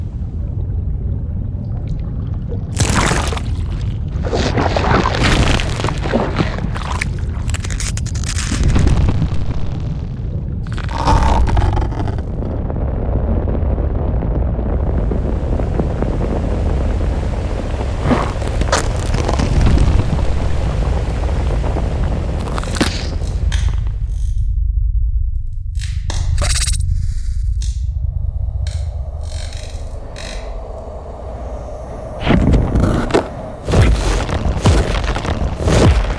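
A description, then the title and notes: A dark, heavy creature soundscape with a constant deep rumble underneath and sharp, cracking impacts breaking through every few seconds. Around the middle a rough, hissing roar swells and fades, and near the end a low droning tone enters beneath more crashing hits. Biohazard - Organic Textures And Ambiences. Scary monster and creature textures. Dark background sounds.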